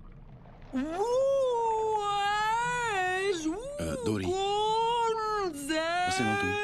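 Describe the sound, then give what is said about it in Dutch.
A voice imitates a whale call, trying to speak 'whale' to a whale, with long, drawn-out, wavering vocal moans that slide up and down in pitch, loud and continuous for several seconds with brief breaks. “Misschien spreekt hij alleen walvis.”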